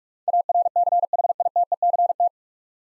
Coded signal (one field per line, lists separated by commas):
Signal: Morse code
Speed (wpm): 46 wpm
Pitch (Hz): 700 Hz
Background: none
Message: ARCHITECT